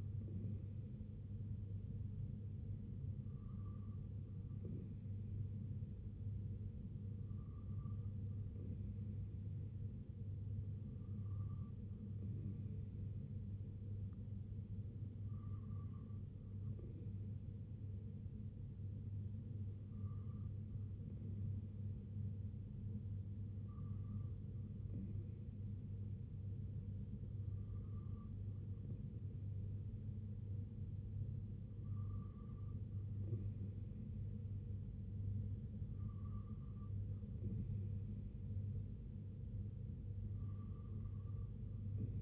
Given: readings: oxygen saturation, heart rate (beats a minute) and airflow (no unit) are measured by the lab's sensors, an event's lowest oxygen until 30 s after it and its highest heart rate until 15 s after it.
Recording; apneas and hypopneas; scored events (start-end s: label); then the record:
breathing in sleep by a smartphone at the bedside; none
none scored
From the record:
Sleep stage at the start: N2 (light sleep); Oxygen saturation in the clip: 93 to 94%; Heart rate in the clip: 64 to 69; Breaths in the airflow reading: 10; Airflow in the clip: -3.4 to 2.1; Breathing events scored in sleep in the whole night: 258 in 7.4 hours asleep